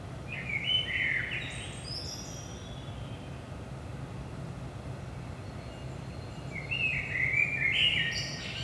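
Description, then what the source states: Blackbird song: one warbling fluted phrase tailing into high squeaks, quiet for several seconds, then a second rising phrase; steady low hum throughout. Recorded in Saint-Gilles, Belgium, early morning at 5 am; DPA 4060 microphones in AB position into a Zoom F3 recorder.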